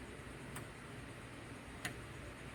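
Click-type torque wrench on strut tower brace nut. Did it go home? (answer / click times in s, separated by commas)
yes / 1.9 s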